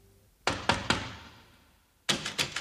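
Someone knocks on the latched door of an inn in falling snow, in two bursts of three heavy, resonant raps, with a pause of over a second between the groups and no voices.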